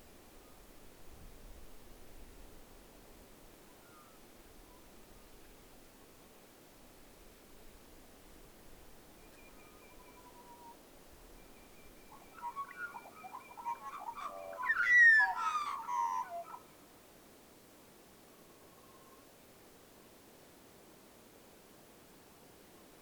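A quiet night soundscape with a steady low hiss, broken around 12 to 16 seconds by a burst of chattering, rising calls, likely from Wood Ducks.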